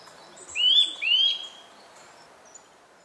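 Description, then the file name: Eurasian nuthatch calling two drawn-out, rising whistled notes back to back, then quiet background. "Sitta europaea"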